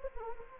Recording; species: mosquito wingbeat signal from an infrared sensor; Anopheles gambiae